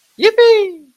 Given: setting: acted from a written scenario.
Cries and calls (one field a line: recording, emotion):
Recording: vocal sound without words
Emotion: triumph